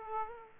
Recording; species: mosquito wingbeat signal from an infrared sensor; Aedes aegypti